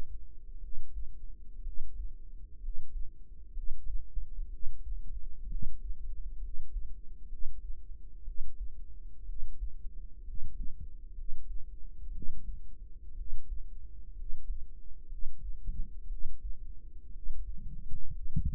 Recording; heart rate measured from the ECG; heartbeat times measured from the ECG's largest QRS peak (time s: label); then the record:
heart sounds by microphone in the right ear; 62 bpm
0.58 s: heartbeat
1.61 s: heartbeat
2.57 s: heartbeat
3.51 s: heartbeat
4.47 s: heartbeat
5.46 s: heartbeat
6.38 s: heartbeat
7.26 s: heartbeat
8.22 s: heartbeat
9.23 s: heartbeat
10.22 s: heartbeat
11.12 s: heartbeat
12.09 s: heartbeat
13.13 s: heartbeat
14.13 s: heartbeat
15.06 s: heartbeat
16.06 s: heartbeat
17.10 s: heartbeat
18.08 s: heartbeat
From the record:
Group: healthy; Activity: rest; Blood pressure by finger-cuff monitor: 104/67 mmHg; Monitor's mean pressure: 78 mmHg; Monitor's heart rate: 62 bpm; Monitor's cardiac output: 5 L/min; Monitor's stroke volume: 81 mL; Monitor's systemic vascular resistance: 1120 dyn s/cm5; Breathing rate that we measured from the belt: 16 breaths a minute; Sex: female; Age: 22 years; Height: 171 cm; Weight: 65.6 kg